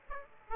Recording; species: mosquito wingbeat signal from an infrared sensor; Aedes aegypti